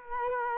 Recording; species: mosquito wingbeat signal from an infrared sensor; Culex quinquefasciatus